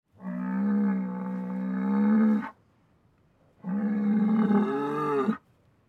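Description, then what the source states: Bull bellowing twice: two long, deep, droning moos, each about two seconds long, separated by a short silence. Bull becoming angry.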